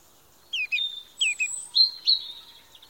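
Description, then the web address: Birds singing quick, high, slurred whistles, dropping in pitch, followed by a drawn-out thin whistle, with a faint lower tone held underneath. Birdsong in a forest of the Moscow region, in summer, during the day. "nido del canto de los pajaros de la region de moscu en un bosque en verano durante el dia"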